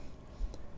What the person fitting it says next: you hear a click